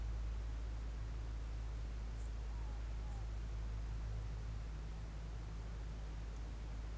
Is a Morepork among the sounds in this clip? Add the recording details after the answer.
yes. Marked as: faintness 5/5. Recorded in New Zealand on 1 June 2017. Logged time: 19:46. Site Taranaki